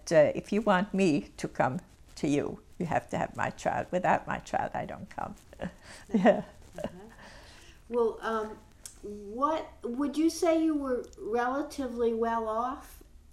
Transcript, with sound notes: "If you want me to come to you, you have to have my child. Without my child I don't come." (she laughs)
Well, what, would you say you were relatively well-off?